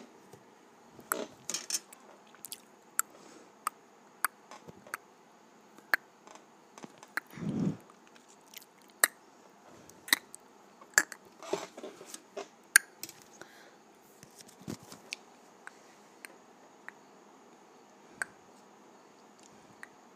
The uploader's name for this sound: Clicking my Tongue